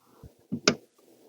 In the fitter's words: till I hear it snap